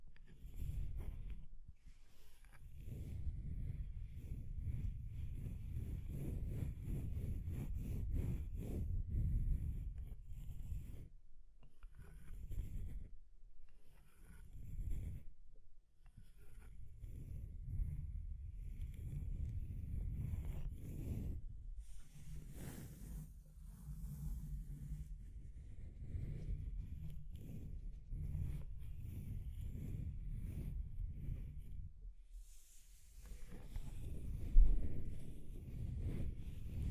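Scratching and tracing sounds, a dense low rubbing that runs in long strokes with brief pauses near 11, 15 and 32 seconds. Faint rapid scratchy ticks ride on top early on, and a sharper scrape stands out around 34 seconds.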